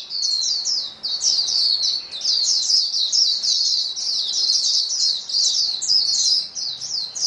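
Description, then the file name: A flock of white-eyes pours out thin, bright, jumbled chirps and trills, nearly continuous, with small breaks near one and six seconds. Many white-eyes singing together as a chorus; known locally as pleci. "paduan suara pleci"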